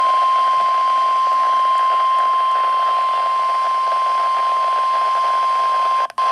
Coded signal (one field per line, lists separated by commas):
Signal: Emergency Alert System (SAME) tones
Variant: 1050 Hz attention tone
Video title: Severe Thunderstorm Warning #21 (EAS #34) (6/13/2023)